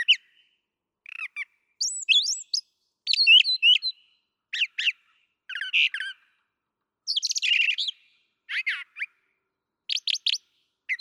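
Brown thrasher singing a varied series of sharp, rasping and whistled phrases, several notes doubled, delivered in bursts with brief silent gaps between them.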